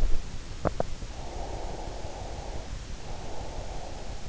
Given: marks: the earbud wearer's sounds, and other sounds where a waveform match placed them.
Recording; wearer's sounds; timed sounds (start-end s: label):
sounds in sleep by an in-ear microphone; teeth grinding, breath
0.22-1.13 s: teeth grinding
1.13-3.97 s: breath